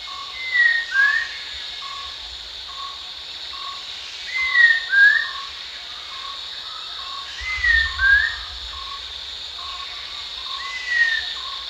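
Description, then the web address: Rufous-tailed shama calling: pairs of clear slurred whistles repeated about every three to four seconds, over a steady insect hum and a run of short lower notes. Recorded at Danum on 1 January 2008. "DANUM 20080101. sound rufous-tailed shama"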